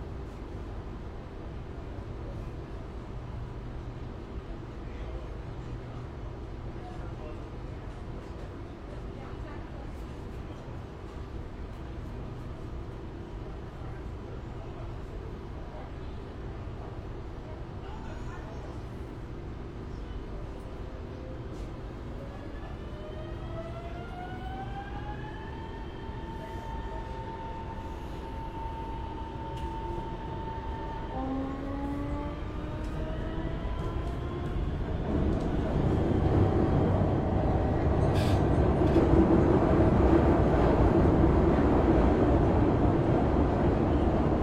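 Air conditioning roars steadily inside a Shenzhen metro car, a dense low hum with a faint tone running underneath. Around twenty seconds in, rising whines climb and level off as the train accelerates, and from about thirty-five seconds the rumble grows noticeably louder and rougher.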